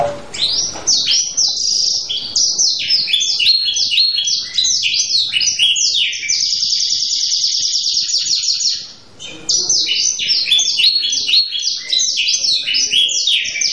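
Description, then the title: Canary song, loud and continuous: rapid high warbled phrases, a long even buzzy roll in the middle, a short pause, then more quick varied trills. Canary in vigorous, persistent song with long rolls, presented as prompting other canaries to answer at once. "LANGSUNG NYAUT GACOR DOR Kenari Manasaja, Dengan Kicau Kenari GACOR NGOTOT ROLL PANJANG"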